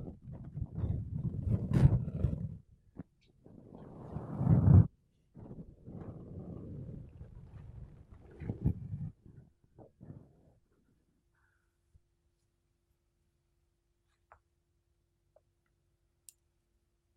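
Makeup brushes and a sponge rub against a microphone in dense, low, rustling bursts for the first ten seconds, swelling loudest around two and five seconds with brief gaps between strokes. After that it falls nearly silent, broken only by a few isolated soft ticks.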